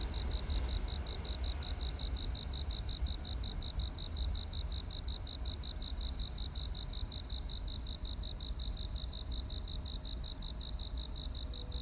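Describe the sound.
Cricket chirping in a fast, steady pulse of high-pitched notes, several per second without pause, over a low rumbling background hum.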